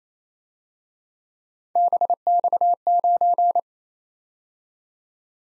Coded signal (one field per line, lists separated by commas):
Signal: Morse code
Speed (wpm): 30 wpm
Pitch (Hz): 700 Hz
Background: none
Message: BX9